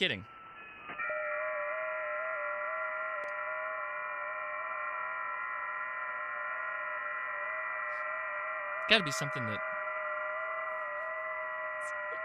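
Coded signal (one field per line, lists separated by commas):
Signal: FT8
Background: speech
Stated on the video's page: Amateur HF contacts made live on air using a homemade Christmas-light antenna.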